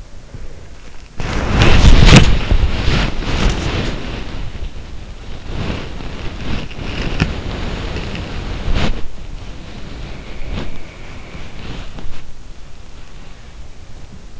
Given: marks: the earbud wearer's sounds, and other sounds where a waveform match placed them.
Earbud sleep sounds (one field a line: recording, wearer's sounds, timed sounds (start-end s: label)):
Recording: sounds in sleep by an in-ear microphone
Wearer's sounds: breath, body movement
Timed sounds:
0.00-0.92 s: breath
1.10-14.40 s: body movement
9.75-12.14 s: breath